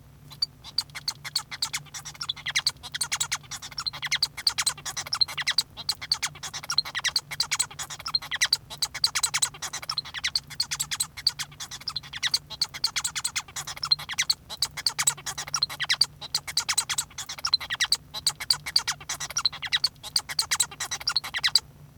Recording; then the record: song of a male Bengalese finch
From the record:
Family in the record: son of father 1